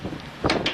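The slice thickness gauge on the table of a Hobart meat band saw is slid back and forth with one thumb, giving soft scraping and handling noises with two brief knocks near the end. The gauge has not locked in place yet, and nothing has clicked.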